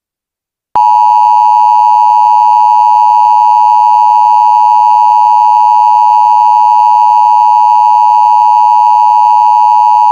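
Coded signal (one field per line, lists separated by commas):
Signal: Emergency Alert System (SAME) tones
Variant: 853 and 960 Hz attention tone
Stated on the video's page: Mock EAS alert, a simulated scenario, not a real activation.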